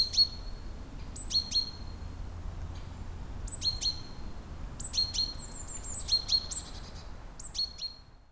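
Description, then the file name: Great tit giving repeated high, stepped calls, a thin upper note followed by two quicker lower notes, with some overlapping phrases near the end. "Parus major"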